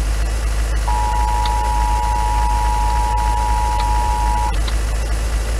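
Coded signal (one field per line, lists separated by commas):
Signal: Emergency Alert System (SAME) tones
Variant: 853 and 960 Hz attention tone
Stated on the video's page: Alert tones heard in the Roblox game TWISTED.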